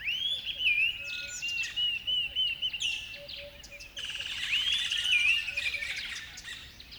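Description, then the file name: Bird song, a busy chorus of overlapping whistled and warbled phrases with chirps and short low notes beneath, several birds singing at once. Chorus of birds at a river bed at dawn. "river bed dawn birds bedlam"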